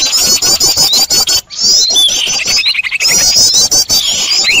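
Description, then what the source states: Birds: dense, rapid, high twittering and chirping, with a brief silence early on. Noisy bird chorus used as a lure to attract birds.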